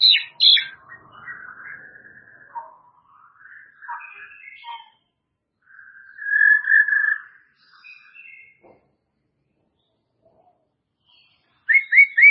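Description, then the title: White-rumped shama song in scattered bursts: whistled notes, a buzzy warbled phrase and short trills separated by silences. "murai batu"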